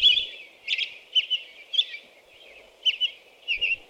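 American robin song: short whistled caroling phrases in loose groups of two or three, with brief pauses between them.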